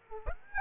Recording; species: mosquito wingbeat signal from an infrared sensor; Aedes aegypti